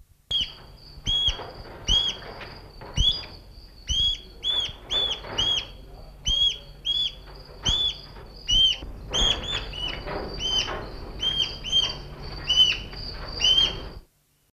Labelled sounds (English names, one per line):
Collared Falconet call